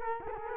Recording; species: mosquito wingbeat signal from an infrared sensor; Culex quinquefasciatus